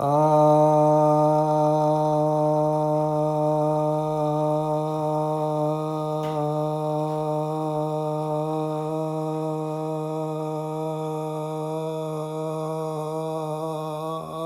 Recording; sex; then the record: sustained vowel /a/; male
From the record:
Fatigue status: no fatigue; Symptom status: asymptomatic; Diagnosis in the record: COVID-19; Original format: m4a